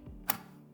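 A graphics card is lined up with the top PCIe x16 slot on a motherboard and given a firm press. A faint low thump comes at 0.1 s, then a sharp, bright click at 0.3 s as the slot latch catches, followed by quiet. The card is fully seated.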